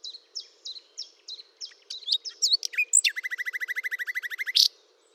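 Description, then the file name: Common nightingale song phrase: several evenly spaced down-slurred notes, a few rising whistles, then a fast, even rattle of repeated notes ending in a sharp accent. "Luscinia megarhynchos"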